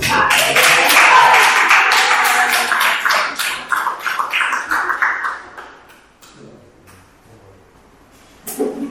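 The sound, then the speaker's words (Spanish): A crowd applauds loudly with dense, overlapping claps that gradually thin out and fade to scattered claps, followed by a brief burst of noise at the very end. “¿Otra vez aplaudir?”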